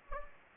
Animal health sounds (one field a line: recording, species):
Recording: mosquito wingbeat signal from an infrared sensor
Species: Anopheles gambiae